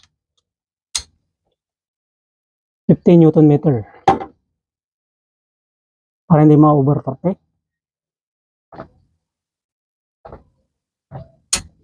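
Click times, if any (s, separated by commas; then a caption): 11.5 s. A torque wrench tightens the locknut on a valve clearance adjusting screw of a Mitsubishi L300 4N14 2.2-liter engine, stopping at its setting so the nut is not overtightened. Someone talks, then the wrench gives a sharp click at 11.5 s, confirming the locknut has reached torque.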